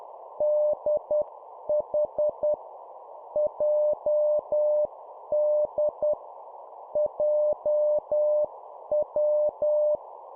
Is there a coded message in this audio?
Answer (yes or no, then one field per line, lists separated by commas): yes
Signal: Morse code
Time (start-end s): 0.4-10.0 s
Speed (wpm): 10 wpm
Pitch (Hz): 600 Hz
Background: none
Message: DH JD JW